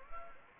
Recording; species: mosquito wingbeat signal from an infrared sensor; Anopheles gambiae